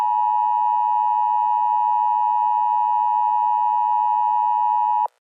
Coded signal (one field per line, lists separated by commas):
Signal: Emergency Alert System (SAME) tones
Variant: 853 and 960 Hz attention tone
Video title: EAS Scenario: Colorado Tornado Disaster